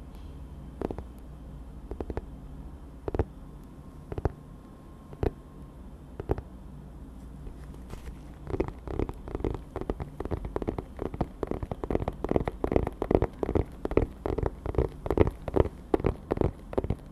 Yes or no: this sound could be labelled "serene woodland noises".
no